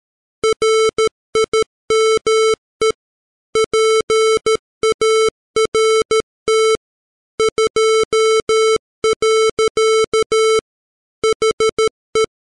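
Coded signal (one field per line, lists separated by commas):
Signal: Morse code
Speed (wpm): 13 wpm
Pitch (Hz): 440 Hz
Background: none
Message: RIME PART 2. HE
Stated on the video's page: Morse text sent at 13 wpm, generated by PC software as a 440 Hz square wave at 44100 samples per second, 16-bit.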